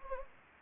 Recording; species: mosquito wingbeat signal from an infrared sensor; Anopheles gambiae